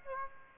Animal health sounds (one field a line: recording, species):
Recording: mosquito wingbeat signal from an infrared sensor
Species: Aedes aegypti